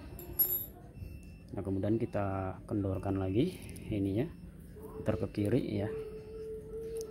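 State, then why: Seated. During motorcycle fork and suspension service, someone talks while working on a metal lock pin in the suspension part, with faint metallic taps early on. A sharp, short hit at 7.0 s marks the pin, which needs a firm push, snapping home and locking in place.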